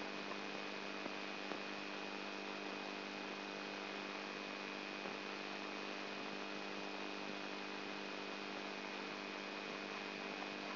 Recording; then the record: brain microelectrode recording played as sound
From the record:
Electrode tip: inside the subthalamic nucleus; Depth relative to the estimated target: -3 mm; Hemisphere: right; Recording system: AlphaMap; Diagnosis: Parkinson's disease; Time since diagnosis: 12 years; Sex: female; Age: 59 years